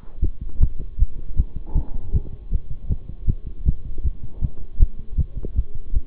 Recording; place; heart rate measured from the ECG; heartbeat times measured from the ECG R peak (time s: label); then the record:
heart sounds by stethoscope; between the tricuspid and mitral areas; 157 bpm
0.22 s: heartbeat
0.60 s: heartbeat
0.99 s: heartbeat
1.37 s: heartbeat
1.75 s: heartbeat
2.13 s: heartbeat
2.51 s: heartbeat
2.90 s: heartbeat
3.27 s: heartbeat
3.66 s: heartbeat
4.04 s: heartbeat
4.42 s: heartbeat
4.79 s: heartbeat
5.18 s: heartbeat
5.56 s: heartbeat
5.94 s: heartbeat
From the record:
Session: bicycle stress test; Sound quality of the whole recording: good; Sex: male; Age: 23 years